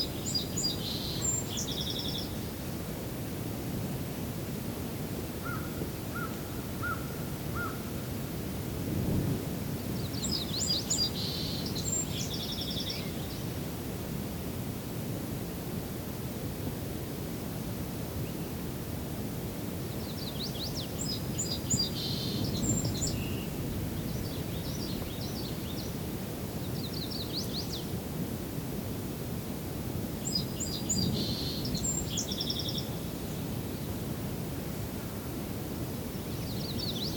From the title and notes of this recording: Henhoeffer Park East. I return to Henhoeffer Park, except this time taking the east trail, about 1km away from the previous recording location. Songbirding was recorded, engineered, narrated and created by ….